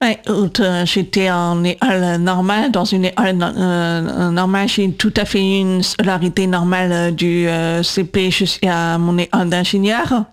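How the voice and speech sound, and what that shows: Adult woman speaking French with deaf speech. She uses cochlear implants and received her first implant, on the left, at age 8. She had speech therapy three times a week and continued for 20 years to learn to speak and to control her voice.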